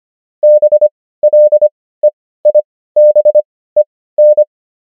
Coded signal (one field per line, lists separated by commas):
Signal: Morse code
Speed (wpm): 25 wpm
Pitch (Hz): 600 Hz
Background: none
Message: BLEIBEN